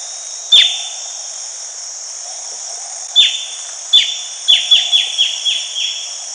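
Bird calls, high downslurred notes, three single ones then a quicker series of six, against steady hissing background noise.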